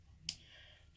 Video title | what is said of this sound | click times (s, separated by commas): More k'nex guns | back till it clicks it clicks up in there | 0.3 s